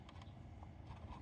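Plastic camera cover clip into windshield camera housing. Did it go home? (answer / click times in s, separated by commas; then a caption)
no / none. A plastic camera cover is being handled as its second side is pressed toward the clips of a windshield camera housing on a Cybertruck. Faint short taps and rustling are heard over a low rumble, with brief sounds near 0.1 s and 0.6 s. Nothing has seated or clicked yet.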